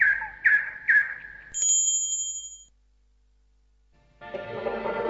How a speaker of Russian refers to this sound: А соловей пел все лучше и лучше.